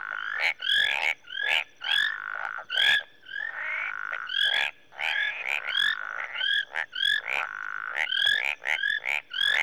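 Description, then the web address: Marsh and tree frogs chorusing, whistled notes and grating croaks in fast overlapping bursts with a short quieter stretch midway. Mixed chorus of marsh frogs and tree frogs, recorded in Rwanda, Africa. "BBC Sound Effects Library BBC 30-Africa - Natural World 08 Rwanda, Marsh And Tree Frogs"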